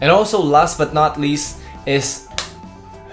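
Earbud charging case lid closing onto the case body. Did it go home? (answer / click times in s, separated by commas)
yes / 2.4 s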